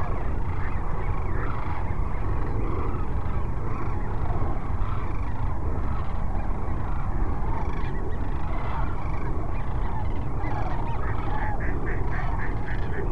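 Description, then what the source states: Sandhill crane flock in full chorus, many overlapping rattling, bugling calls blending into a continuous din, with a steady low rumble underneath. Several sandhill cranes at Cochise Lakes on 30 January 2019.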